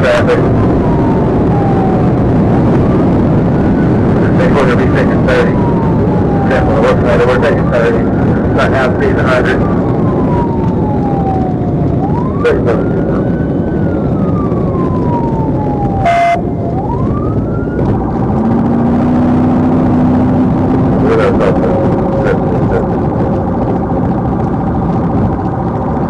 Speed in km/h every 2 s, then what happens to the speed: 169, 174, 166, 151, 147, 143, 140, 130, 118, 129, 143, 138, 138.
2-15 brakes to 118. 15-19 speeds up to 143. 19-26 steady at about 138.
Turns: none.